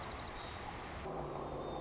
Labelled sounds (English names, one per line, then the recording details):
White-crowned Sparrow
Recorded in Sonoma County, California